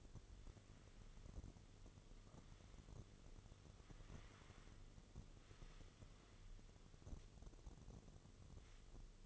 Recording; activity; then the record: daily activity, microphone in the room; wipe stove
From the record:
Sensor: 4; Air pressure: 1015.9 hPa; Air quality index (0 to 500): 154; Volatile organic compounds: 5 ppm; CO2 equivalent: 1739 ppm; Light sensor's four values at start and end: 8/19/7/7 and 8/18/7/7